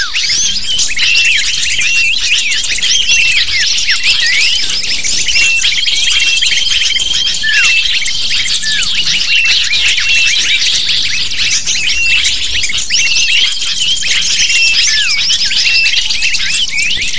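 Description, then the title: Lovebird flock calling nonstop, a packed wall of sharp high-pitched chirps and squeaky notes with no pauses throughout. Calls used as a lure (pikat) to attract lovebirds. "PIKAT BURUNG LOVEBIRD"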